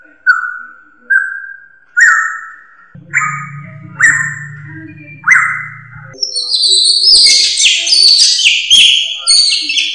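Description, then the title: Drongo song: plain whistles repeated about once a second, then a burst of harsh, buzzy high notes; a low hum is heard briefly in the middle. "Suara Srigunting. Hobiburung"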